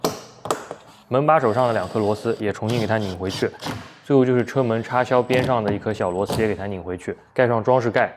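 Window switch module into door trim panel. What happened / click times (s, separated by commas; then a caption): A small plastic part snaps back into its trim opening / 0.0 s, 0.5 s. A window switch module is pressed back into its opening in the door trim panel of a BMW E87/E90 during a window regulator replacement, with sharp snaps at 0.1 s and 0.5 s as it clips back into place. Someone then talks for the rest of the clip.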